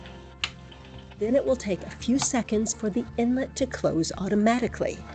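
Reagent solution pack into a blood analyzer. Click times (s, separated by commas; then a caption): 0.4 s. A reagent solution pack is lined up and pushed into a blood analyzer with both thumbs on its white top, giving a sharp loud click at 0.4 s that shows it has seated. Faint music plays underneath, and then someone talks.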